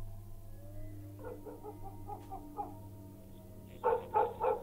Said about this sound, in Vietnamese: Vừa nhìn thấy chủ, hai con chó mông cọc đã sủa lên nhấm nha nhấm nhẳng, có vẻ như là vui sướng lắm.